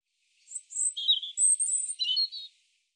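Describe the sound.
European robin song: very high thin whistles alternating with lower twittering notes in a varied two-second phrase, otherwise quiet.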